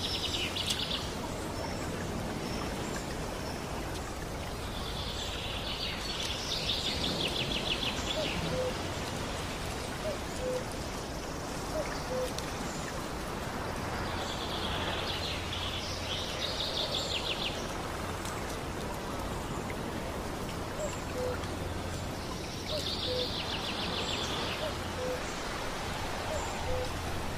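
Nature sounds: a bird sings short bright chirping phrases that return roughly every eight seconds, near 0, 7, 15 and 23 seconds, with softer calls between. A steady low hum and a constant wash of background noise run underneath throughout.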